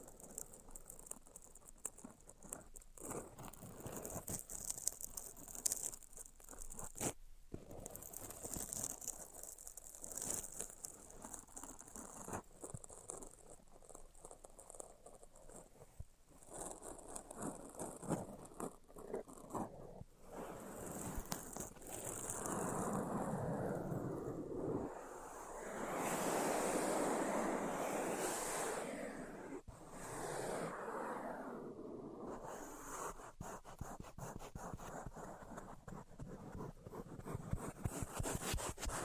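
Tapping, scratching and tracing sounds run through the whole stretch, with quick dense taps and brushing strokes packed closely together. Sharp pauses break the flow near 7, 16 and 30 seconds. Around 25 to 29 seconds a fuller, louder rubbing swell takes over before the lighter scratching returns.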